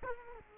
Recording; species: mosquito wingbeat signal from an infrared sensor; Culex quinquefasciatus